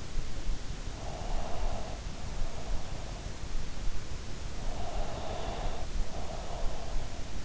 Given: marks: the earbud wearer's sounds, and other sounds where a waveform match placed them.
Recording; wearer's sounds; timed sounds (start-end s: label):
sounds in sleep by an in-ear microphone; breath
1.05-3.39 s: breath
4.88-6.82 s: breath